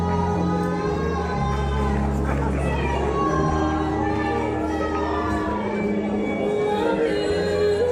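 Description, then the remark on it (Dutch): A woman in the audience of a hall sings along loudly and off-key, her strained voice wavering and sliding in pitch over long held notes, with crowd noise and a steady low hum underneath. “Deze vrouw die zong zo vals, die werd gewoon de zaal uitgezet en terecht.”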